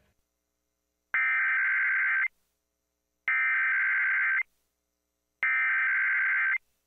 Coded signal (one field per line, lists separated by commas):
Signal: Emergency Alert System (SAME) tones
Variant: header bursts